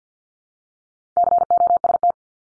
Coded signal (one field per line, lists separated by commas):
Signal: Morse code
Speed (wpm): 50 wpm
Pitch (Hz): 700 Hz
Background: none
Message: COST